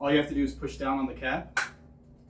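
Someone talks while pushing down on the adjustment cap of the air/media regulator knob on an IBIX USA Pro 9 portable blasting unit, to lock the chosen setting in place. A short broadband burst follows the speech near 1.6 s, then quiet room tone with a faint tick. Nothing has seated or clicked yet; the clip ends before the cap locks home.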